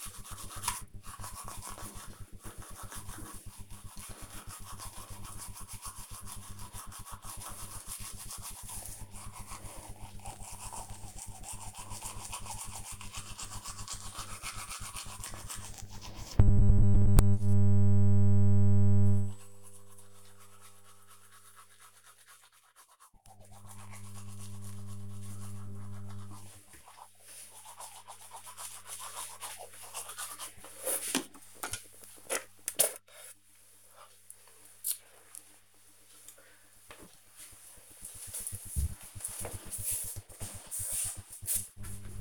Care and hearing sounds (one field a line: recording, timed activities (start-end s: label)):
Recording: household activities, microphone on the right wrist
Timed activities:
0.00-34.86 s: brushing teeth